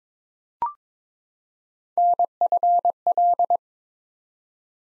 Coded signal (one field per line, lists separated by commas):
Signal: Morse code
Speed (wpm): 22 wpm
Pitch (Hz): 700 Hz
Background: none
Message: NFL